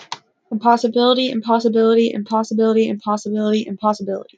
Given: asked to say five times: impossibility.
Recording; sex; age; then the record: repeated word; female; 20 to 29 years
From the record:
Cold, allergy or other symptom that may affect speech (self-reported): no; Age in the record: 24 years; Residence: West Virginia, United States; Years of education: 12